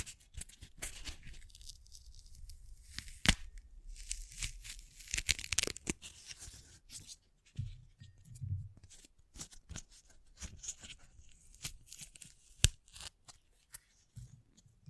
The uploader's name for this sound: Oddly Satisfying Triggers